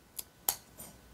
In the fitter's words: and it just clicks in place